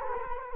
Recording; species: mosquito wingbeat signal from an infrared sensor; Culex quinquefasciatus